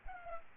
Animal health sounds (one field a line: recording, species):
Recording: mosquito wingbeat signal from an infrared sensor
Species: Culex pipiens